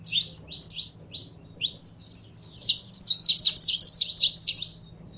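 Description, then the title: Canary song opening with separate high chirps, then running into a fast, continuous rolling trill of repeated notes. Song of a purebred Belgian canary. "Canto Do Canário Belga Puro"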